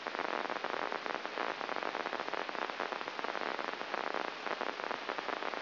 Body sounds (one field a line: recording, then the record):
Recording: brain microelectrode recording played as sound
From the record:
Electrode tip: inside the subthalamic nucleus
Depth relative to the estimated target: -1 mm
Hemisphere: right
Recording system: AlphaMap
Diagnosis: Parkinson's disease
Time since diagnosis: 19 years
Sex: male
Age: 59 years